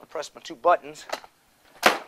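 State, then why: Seated. Someone talks while pressing the two release buttons on a metal-and-plastic folding sawhorse table to lower it. After a short pause, a single sharp click sounds at 1.9 s as the leg locks into its lowered position.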